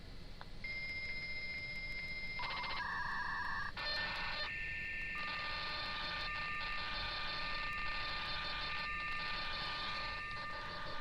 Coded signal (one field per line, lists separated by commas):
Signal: dial-up modem handshake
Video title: Building A Dial-Up Server Using Windows and Cisco SPA112